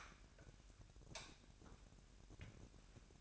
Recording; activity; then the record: daily activity, microphone in the room; light off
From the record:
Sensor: 2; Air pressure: 1011.8 hPa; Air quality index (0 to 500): 215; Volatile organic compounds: 3 ppm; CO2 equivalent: 1513 ppm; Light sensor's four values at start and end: 16/44/18/18 and 12/27/12/12